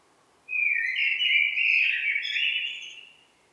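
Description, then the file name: Common blackbird song, one sustained, mellow, fluted warble lasting nearly three seconds, wavering in pitch with thin high notes woven in. "Turdus merula"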